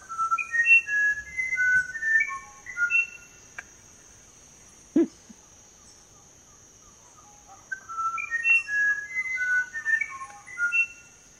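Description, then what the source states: Musician Wren song: a burst of clear, pure whistled notes stepping up and down in pitch. A pause with a single knock follows, then another whistled run, over a steady high hiss. Lives in the Amazon in South America; song considered by some among the most complex and beautiful in the world.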